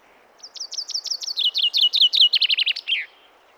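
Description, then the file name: Common chaffinch song: a fast series of bright notes falling in pitch, quickening into a rattling run and ending in a short flourish. "Fringilla coelebs"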